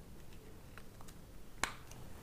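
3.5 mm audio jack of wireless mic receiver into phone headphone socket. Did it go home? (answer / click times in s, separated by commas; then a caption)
yes / 1.6 s. After the cover is taken off, the 3.5 mm audio jack of a Grenaro 3-in-1 wireless microphone receiver is plugged into a phone's 3.5 mm headphone socket. Faint ticks at about 0.8 s and 1.0 s are followed by one sharp, bright click at 1.6 s as the jack seats fully in the socket.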